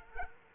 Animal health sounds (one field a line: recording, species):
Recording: mosquito wingbeat signal from an infrared sensor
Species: Culex quinquefasciatus